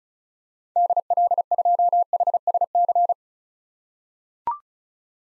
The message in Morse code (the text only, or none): DL2HSC